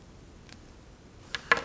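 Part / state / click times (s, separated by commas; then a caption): plastic statue hand out of the arm socket / released / 1.3 s, 1.5 s. Plastic hands holding the lightsaber are pulled out of the arm sockets of a Star Wars The Phantom Menace Qui-Gon Jinn ArtFX+ collector statue so the alternate sleeve arms can be fitted. After a quiet stretch with a faint tick near 0.5 s, two sharp plastic clicks sound at 1.3 s and 1.5 s, the second one louder. The hand unclips and comes free of the arm.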